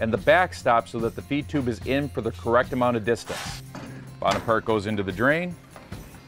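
An evaporative water panel for an AprilAire Model 600 humidifier is handled as it is inserted drain side down into the humidifier housing, with its cutout and back stop setting the feed tube in the correct distance. Someone talks over background music, with a few faint handling knocks. Nothing has seated or snapped into place yet by the end of the clip.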